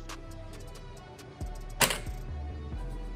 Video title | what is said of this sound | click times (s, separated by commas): Loa Fender Passport Conference Series 2 // Công Suất 175W, Bluetooth, Mixer (Loa Di Động Biểu Diễn) | Các bạn nghe tiếng tách rất là đã luôn. | 0.1 s, 1.8 s